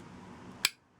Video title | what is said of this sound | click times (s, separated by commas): Fake SAK Rescue Tool | clicks into place quite smoothly, and | 0.7 s